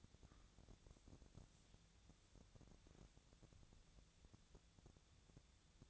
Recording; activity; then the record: daily activity, microphone in the room; wipe stove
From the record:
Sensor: 3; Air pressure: 1000.5 hPa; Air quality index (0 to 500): 178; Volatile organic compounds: 4 ppm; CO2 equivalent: 1537 ppm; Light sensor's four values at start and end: 14/34/14/15 and 14/34/14/15